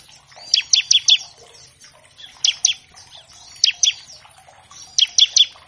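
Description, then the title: Bar-winged Prinia delivering four clipped, high downslurred notes, then pairs and triplets about a second apart, with faint low hum and soft chatter behind. Singing actively; track used to train captive songbirds. "Ciblek Gacor Vs Kenari Gacor. Pancingan Ciblek bahan agar cepat bunyi"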